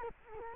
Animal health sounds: mosquito wingbeat signal from an infrared sensor; Culex quinquefasciatus

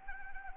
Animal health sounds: mosquito wingbeat signal from an infrared sensor; Anopheles arabiensis

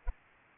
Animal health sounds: mosquito wingbeat signal from an infrared sensor; Aedes albopictus

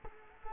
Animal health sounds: mosquito wingbeat signal from an infrared sensor; Culex quinquefasciatus

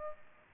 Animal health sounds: mosquito wingbeat signal from an infrared sensor; Aedes aegypti

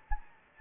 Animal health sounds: mosquito wingbeat signal from an infrared sensor; Anopheles gambiae

